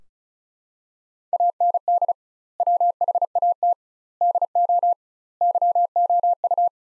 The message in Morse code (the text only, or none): AND WHAT DO YOU